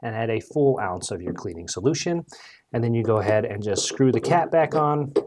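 A man talks while handling the plastic clean-water tank of a Hoover CleanSlate Pro portable carpet cleaner, with the cap just screwed back on after filling. The tank has not yet been pushed back into the cleaner body, so nothing has snapped or clicked into place yet.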